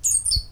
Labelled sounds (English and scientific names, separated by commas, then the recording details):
Stitchbird (Notiomystis cincta) song
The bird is a male
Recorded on Tiritiri Matangi Island, New Zealand, in 2005
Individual 14, of nest box 20